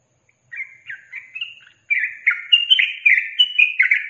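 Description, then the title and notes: Yellow-vented bulbul singing a chain of short burbling, slurred notes, spaced at first, then tumbling together in a quicker, louder run. Masteran training recording for songbirds, featuring the tembakan and ropel song styles. "MASTERAN Trucukan Tembakan Dan Ropel 1. BURUNG TRUCUKAN"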